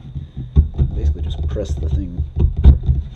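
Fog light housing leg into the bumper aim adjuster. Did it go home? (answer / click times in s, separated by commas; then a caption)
yes / 2.6 s. Someone talks while pressing a Morimoto LED fog light projector housing, retrofitted on a Focus RS, onto the bumper's headlight-aim adjuster, over a low steady hum. A few sharp hits follow, and at 2.7 s the housing's plastic leg pops into the adjuster socket and seats.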